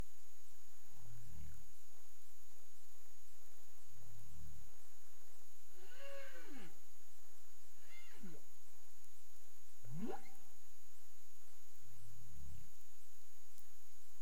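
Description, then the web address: Humpback whale calls: two low pulsed grunts, then an arched whoop and two rising upsweeps, then a third grunt, against a constant underwater hiss and faint high tone. Recorded 30 April 2035 at 03:29 UTC. "CARIMAM clean data humpback whale"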